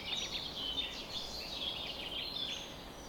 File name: summer morning bird chorus-4 40 am in cobs